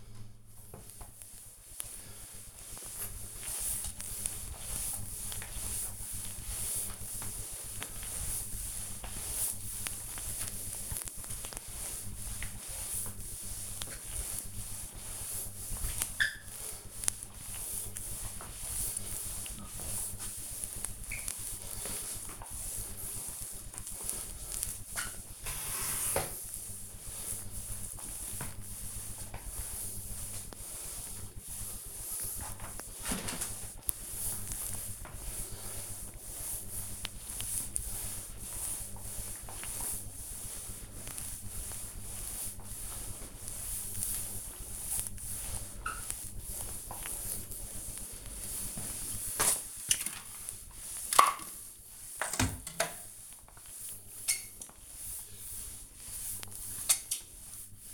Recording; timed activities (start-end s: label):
household activities, microphone on the right wrist
0.00-57.94 s: floor cleaning